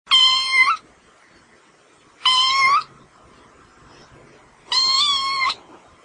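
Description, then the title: Cat meowing: three long, harmonic-rich meows with quiet pauses between. Pet cat. "kucingku"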